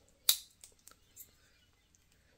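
A plastic bumper protector is pressed onto a smartwatch case, button side first, and snaps into place with one loud, sharp click at 0.3 s. A few faint ticks and rustles follow as it settles, and the bumper is seated on the case.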